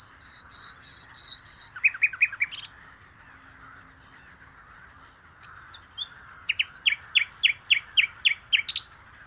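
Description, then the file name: Common nightingale song: a row of pure, swelling whistles, then quick chirps, a pause, and a fast rhythmic burst of sharp, rattling notes over a soft steady background hum. "Luscinia megarhynchos"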